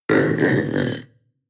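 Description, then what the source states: Panther growl: one deep, rough, rumbling growl lasting about a second, then silence. Young animal; deep, short growl.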